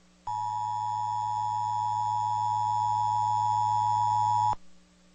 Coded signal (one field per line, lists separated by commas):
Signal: Emergency Alert System (SAME) tones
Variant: 853 and 960 Hz attention tone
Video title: (EAS #29) | IPAWS Required Weekly Test for Central USA on KTXK-FM | 01/16/2023